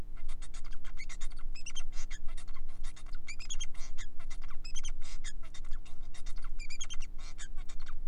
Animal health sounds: song of a male Bengalese finch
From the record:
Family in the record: son of father 4

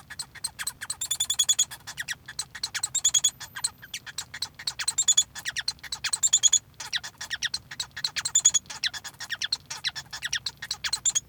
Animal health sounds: song of a male Bengalese finch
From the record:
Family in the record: son of father 1

